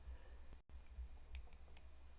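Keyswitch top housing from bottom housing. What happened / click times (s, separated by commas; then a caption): The plastic clip popped free and the housing released / 1.3 s. A plastic BOX Royal keyswitch housing is balanced to pop its other side's clip free, and the top housing releases from the bottom housing with a sharp, bright click at 1.4 s. Two fainter clicks follow at about 1.5 s and 1.8 s over a low steady hum, after a brief silent dropout near 0.6 s. The keyswitch housing is popped open.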